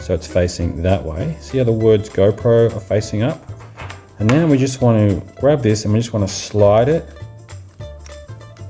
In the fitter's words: onto the base so we hear that click so right now it's